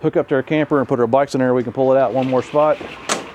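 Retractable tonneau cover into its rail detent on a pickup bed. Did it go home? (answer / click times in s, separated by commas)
no / none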